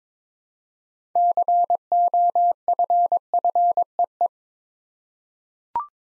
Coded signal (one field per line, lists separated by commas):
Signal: Morse code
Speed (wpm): 22 wpm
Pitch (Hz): 700 Hz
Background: none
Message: COFFEE